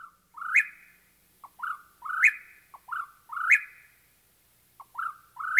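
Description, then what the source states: Whip-poor-will song: rough, burry phrases, each a short note followed by a rising slurred note with a burry ending, repeated several times. Whip-poor-will in dry woodlands of the southwest, singing a rough and burry song.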